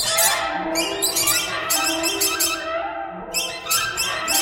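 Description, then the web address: Birds calling in harsh, harmonic squawks and chirps that overlap in a busy, continuous chorus. "soundfactory birds"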